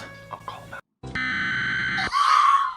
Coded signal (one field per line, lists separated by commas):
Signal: Emergency Alert System (SAME) tones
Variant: header bursts